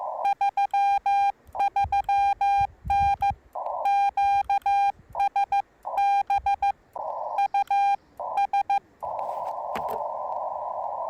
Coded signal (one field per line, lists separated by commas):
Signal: Morse code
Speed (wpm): 14 wpm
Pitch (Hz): 810 Hz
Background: none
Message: 33N QSB US